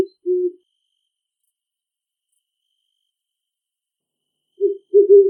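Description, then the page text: Great horned owl hooting: a short low hoot, then a longer steady one, a pause of about four seconds, then a quick pair of deep hoots. In a big forest. "Great horned owl call from big forest. Animal Sounds - Barren Ring of Fire - Gravatt Camp & Conference Center"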